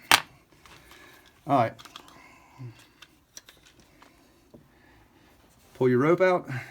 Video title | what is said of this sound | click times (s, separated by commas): Stihl MS201TC How to. In Depth 2 year service and repair | make sure you hear a positive snap | 0.1 s